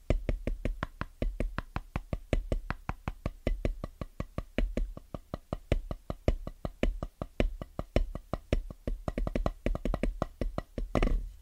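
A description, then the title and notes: Fast, rhythmic tapping on drum pads, with sharp, dry hits landing several times a second in uneven bursts and brief pauses. Each tap has a low thump and a bright click. A slightly louder, ringing hit closes the sequence near the end. Fast & Rhythmic Tapping On Drum Pads (No Talking).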